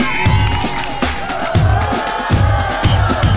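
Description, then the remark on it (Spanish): An audience claps and cheers, a loud, steady wash of applause with whoops and shouts rising through it for a few seconds. “¡Muy bueno! ¡Un aplauso!”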